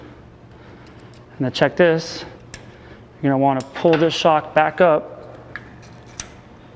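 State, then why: Seated. Someone talks while the shaft of a King bypass shock is pulled back up after the snap ring is refitted in the groove of the shock body. Sharp metallic clicks at 5.6 s and 6.2 s mark the snap ring snapping and locking into the groove, so it is seated.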